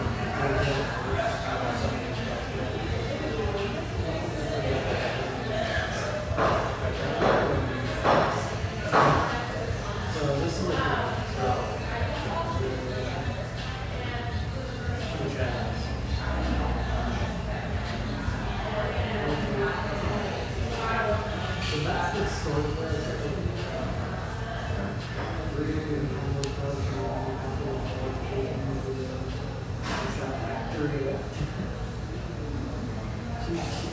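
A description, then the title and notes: A family-oriented coffee shop in Sellwood, Portland, full of overlapping conversation that never lets up. Voices blend into a dense, steady murmur with a low hum underneath, while sharp knocks and clatters of cups or objects break through often, especially around 8 to 10 seconds and near 30 seconds. Family-oriented, high-ceilinged java joint near Portland's Willamette riverfront.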